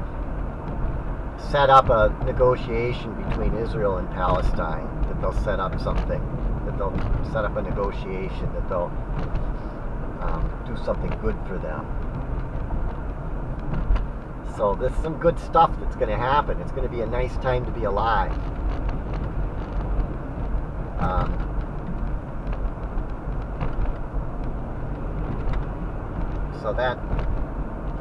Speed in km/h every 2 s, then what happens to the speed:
64, 66, 64, 60, 58, 56, 58, 56, 56, 61, 61, 58, 58, 56.
3-9 slows to 56. 9-28 steady at about 58.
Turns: none.